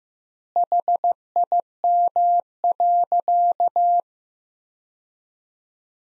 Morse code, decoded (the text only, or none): HIM.